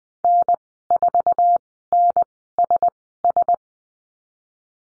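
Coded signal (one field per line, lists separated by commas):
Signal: Morse code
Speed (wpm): 20 wpm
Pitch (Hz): 700 Hz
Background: none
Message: N4NSS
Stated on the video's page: Morse code course lesson on numbers and call signs at Farnsworth speed 20/10 WPM.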